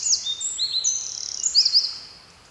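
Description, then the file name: Eurasian wren, a short burst of high sharp notes and a brief trill, trailing off quickly. "Troglodytes troglodytes"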